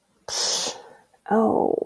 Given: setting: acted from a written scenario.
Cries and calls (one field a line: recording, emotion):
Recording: vocal sound without words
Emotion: guilt